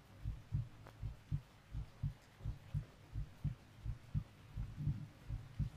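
Steady lub-dub heartbeat of a woman, heard with an ear against her chest: about 83 beats a minute, a little faster than before from nervousness, coming through as soft low thuds against a faint hum.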